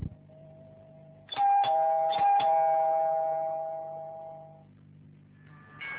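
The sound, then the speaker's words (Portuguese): A front-door doorbell rings again with a series of sharp, bright electronic chimes over a steady low hum, the tones sustaining and slowly fading before a fainter chime starts again at the end. “A campainha da sua porta soa de novo.”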